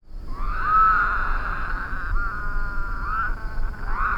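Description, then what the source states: Woodhouse's toads calling together, long buzzing bleats that start with a short rising slur and run into one another, with steady low rumble beneath. Several toads calling in a chorus.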